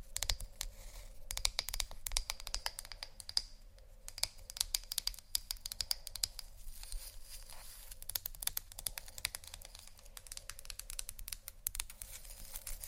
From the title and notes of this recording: ASMR Relaxing Textures（No Talking）.